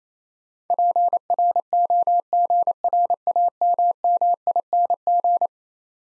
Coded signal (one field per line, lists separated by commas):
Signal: Morse code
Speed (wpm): 28 wpm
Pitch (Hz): 700 Hz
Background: none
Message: PROGRAMMING